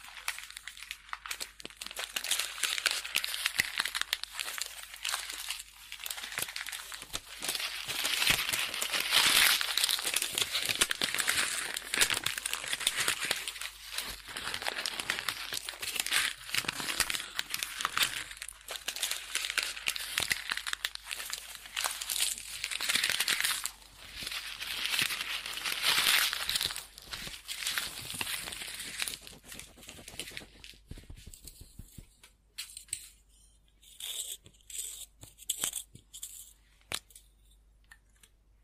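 Pen scribbling on paper, a dense, scratchy rustle that runs almost continuously for about thirty seconds, swelling and easing with the strokes. After that it breaks into short, separate scratches and taps with quiet gaps between them.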